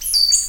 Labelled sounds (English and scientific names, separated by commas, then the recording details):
Stitchbird (Notiomystis cincta) song
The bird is a male
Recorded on Tiritiri Matangi Island, New Zealand, in 2005
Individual 16, of nest box 24